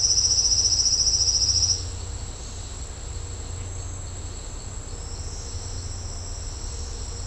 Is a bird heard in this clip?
no